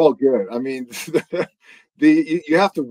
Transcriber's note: laughs